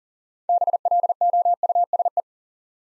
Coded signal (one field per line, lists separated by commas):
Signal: Morse code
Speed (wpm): 40 wpm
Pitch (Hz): 700 Hz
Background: none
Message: BLOUSE